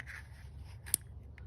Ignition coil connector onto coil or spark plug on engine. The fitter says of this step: boom you hear the snap T this bad boy in things